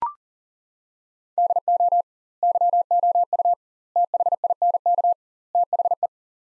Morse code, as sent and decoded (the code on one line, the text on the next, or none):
-.. --- / -.-- --- ..- / - .... .. -. -.- / - .... .
DO YOU THINK THE